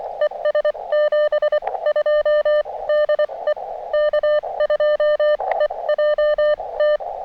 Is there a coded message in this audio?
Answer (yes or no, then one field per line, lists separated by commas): yes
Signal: Morse code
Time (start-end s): 0.2-7.0 s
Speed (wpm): 23 wpm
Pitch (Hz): 600 Hz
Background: none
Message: ES 72 DE K2EJT